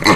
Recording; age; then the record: pig call; piglet (1 to 25 days)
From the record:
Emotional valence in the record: positive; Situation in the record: reunion after long isolation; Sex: male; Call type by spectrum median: low-frequency call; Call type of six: low-frequency tonal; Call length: 0.16 s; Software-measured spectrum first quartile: 575 Hz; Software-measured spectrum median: 1230 Hz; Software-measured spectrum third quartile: 2750 Hz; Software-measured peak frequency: 315 Hz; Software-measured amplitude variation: 159 dB a second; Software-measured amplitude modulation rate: 12.6 a second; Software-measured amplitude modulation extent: 12.7 dB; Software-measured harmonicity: -0.4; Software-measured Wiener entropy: -1.38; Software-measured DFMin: 855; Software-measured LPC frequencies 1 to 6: 1076, 2029, 4058, 4374, 5205, 6270 Hz